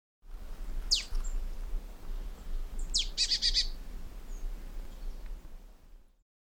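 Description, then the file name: Marsh tit calling: a sharp downward-swept note, then another followed by a quick buzzy series of repeated notes, over steady low rumbling noise. "Poecile palustris"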